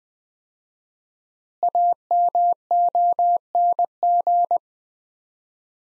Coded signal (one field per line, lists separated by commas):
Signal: Morse code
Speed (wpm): 20 wpm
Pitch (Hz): 700 Hz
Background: none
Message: AMONG